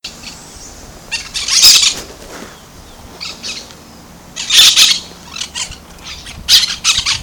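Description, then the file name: Brown-throated parakeet calls: loud, raspy screeching bursts about every two to three seconds, with softer chattering notes between them. Recorded at Bubali, Aruba, on 15 November 2012. "Aratinga-pertinax-Bubali-Aruba-15-11-12-ASilveira"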